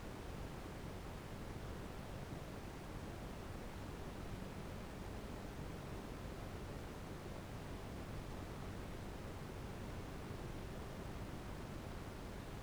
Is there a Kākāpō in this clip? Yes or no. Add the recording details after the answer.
no. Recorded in New Zealand. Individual Arab